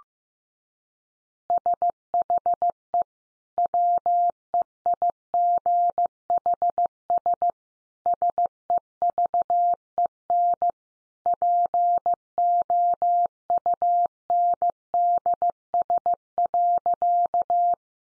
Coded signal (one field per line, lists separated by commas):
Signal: Morse code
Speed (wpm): 15 wpm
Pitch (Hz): 700 Hz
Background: none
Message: SHE WEIGHS SEVEN POUNDS.